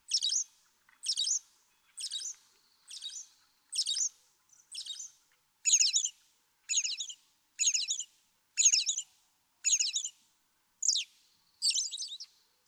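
American robin song, a long run of clear caroling phrases about one per second, each short and warbled, with a quiet background.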